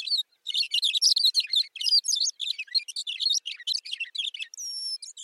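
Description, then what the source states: Thick-billed Longspur singing, a fast tumbling stream of bubbly high twitters. Long, burbling song; males sing in short display flights, showing the white undersides of their wings.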